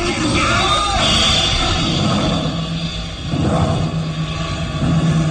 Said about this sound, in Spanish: ¿Qué es eso? Gruñidos rabiosos.